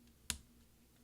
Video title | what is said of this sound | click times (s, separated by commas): R key replacement on the 13" Macbook Pro Unibody Core 2 Duo 2.26 Ghz | on the top and it should snap into place like that | 0.3 s